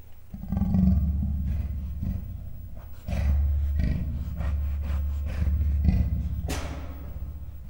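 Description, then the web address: Leopard growling: repeated deep, gruff growls in uneven pulses, several rasping surges throughout, ending with a brief sharp hiss-like burst. Captive male and female leopards at a zoo in Miskolc, growling with a muffled cry, recorded in 2009. "miskolcizoo 2009 standardt leopard"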